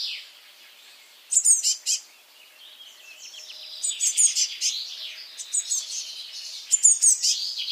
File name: Cyanistes caeruleus